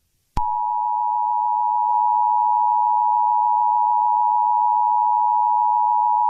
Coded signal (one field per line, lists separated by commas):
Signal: Emergency Alert System (SAME) tones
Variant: 853 and 960 Hz attention tone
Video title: EAS MOCK 22 AMBER ALERT FOR ALL OF TENNESSEE